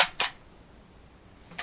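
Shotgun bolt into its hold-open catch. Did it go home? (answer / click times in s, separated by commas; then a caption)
yes / 0.2 s. The charging handle of a Yildiz A71 semi-auto shotgun is pulled back, and the steel bolt locks open on an empty chamber with a sharp metallic clack at 0.2 s, right after a brief opening click. Quiet follows until another short, sharp hit at 1.6 s; the bolt is caught in its hold-open catch.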